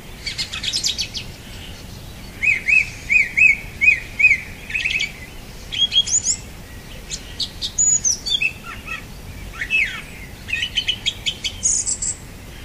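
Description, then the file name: Song thrush song: a clear whistled phrase repeated several times in a row, followed by varied squeaky and fluty phrases, some also repeated. "Golosa ptic - Pevchij drozd"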